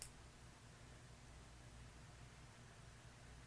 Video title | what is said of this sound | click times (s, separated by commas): MG 1/100 Sinanju (OVA ver) - Let's Build a Robot! part 11! | little notches are not clicking into place like they're supposed to, | none